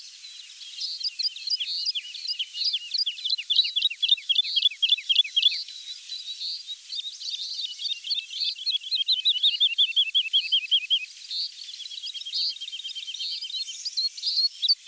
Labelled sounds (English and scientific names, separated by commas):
Wood Lark (Lullula arborea) song